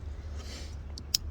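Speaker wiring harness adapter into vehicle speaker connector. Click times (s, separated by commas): 1.0 s, 1.1 s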